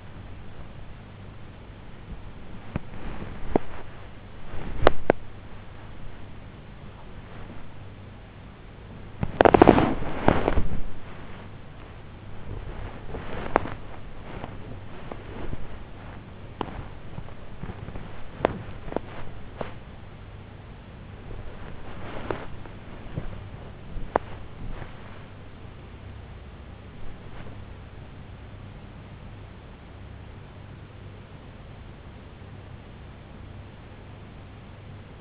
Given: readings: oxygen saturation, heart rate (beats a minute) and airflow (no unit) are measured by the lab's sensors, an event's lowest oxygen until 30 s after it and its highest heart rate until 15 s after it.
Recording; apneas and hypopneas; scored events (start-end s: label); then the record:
a person awake in a sleep study, by a voice recorder at the bedside; none
0.00-33.00 s: awake
30.00-35.21 s: new sleep stage, N1 (lightest sleep)
From the record:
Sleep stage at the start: awake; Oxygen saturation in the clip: 91 to 96%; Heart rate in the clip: 49 to 102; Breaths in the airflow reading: 10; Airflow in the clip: -10.9 to 10.6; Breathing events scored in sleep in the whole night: 258 in 7.4 hours asleep